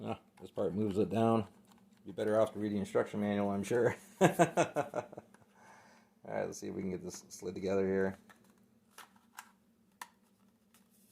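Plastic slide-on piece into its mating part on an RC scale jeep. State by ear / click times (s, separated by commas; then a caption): not seated / none. Someone talks while handling two plastic pieces of an FMS ROC Hobby 1:6 1941 MB Scaler RC jeep, getting ready to slide a plastic slide-on piece into its mating part. After the talking, a few faint, sharp handling ticks sound near 9.0, 9.4 and 10.0 seconds. Nothing has seated or locked in yet.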